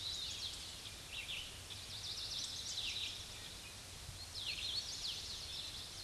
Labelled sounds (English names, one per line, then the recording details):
Hooded Warbler song
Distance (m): 45 m
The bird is about 10 m above the microphone
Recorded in a Pennsylvania forest on 16 May 2024 at 06:36
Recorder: AudioMoth, point MSD-2456
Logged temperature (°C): 16.4 °C
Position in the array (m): 164 m, 137 m